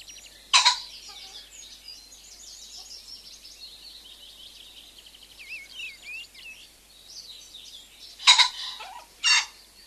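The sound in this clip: Common pheasant crows harshly three times, once early and twice near the end, each a loud grating burst, over continuous twittering songbirds.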